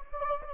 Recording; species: mosquito wingbeat signal from an infrared sensor; Anopheles gambiae